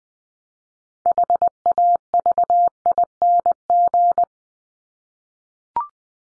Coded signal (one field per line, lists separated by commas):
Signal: Morse code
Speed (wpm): 20 wpm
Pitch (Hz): 700 Hz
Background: none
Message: HAVING